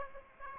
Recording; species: mosquito wingbeat signal from an infrared sensor; Aedes aegypti